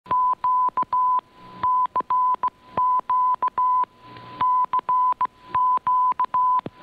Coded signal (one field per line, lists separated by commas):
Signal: Morse code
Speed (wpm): 17 wpm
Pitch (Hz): 1000 Hz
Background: none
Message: Q CQ CQ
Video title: Radio Havana Cuba DXers Unlimited Jan 17 2017 on Shortwave radio 15140Khz